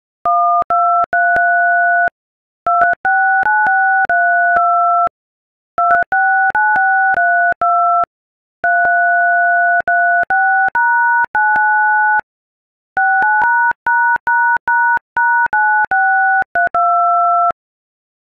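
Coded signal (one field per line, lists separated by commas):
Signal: DTMF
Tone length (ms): 390 ms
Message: 123 2369632 2369632 336#9 69#####9632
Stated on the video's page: Bohemian Rhapsody played as DTMF tones on an iPhone keypad.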